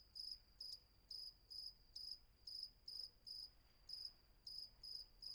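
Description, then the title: Cricket chirps, high buzzy bursts repeated about every half second, with a constant faint high drone underneath. Night atmosphere at Vagia, Patmos, Greece; recorded with Fostex FR-2 and MKH800 microphone. "Patmos, Vagia, Griechenland - Nachtsimmung 03, Grillen"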